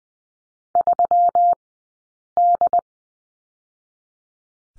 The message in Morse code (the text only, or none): 3D